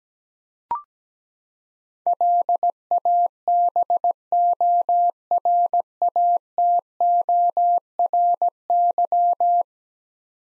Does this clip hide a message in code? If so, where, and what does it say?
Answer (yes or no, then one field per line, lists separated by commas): yes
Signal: Morse code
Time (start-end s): 2.1-9.6 s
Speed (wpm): 17 wpm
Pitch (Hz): 700 Hz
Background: none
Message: LABORATORY